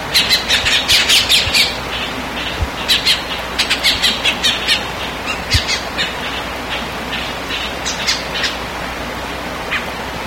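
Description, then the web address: Bird calls, a rapid chatter of scratchy squawks at first, then sparser, weaker notes spaced irregularly, over background hiss. "BIRD 2015 SABIOD"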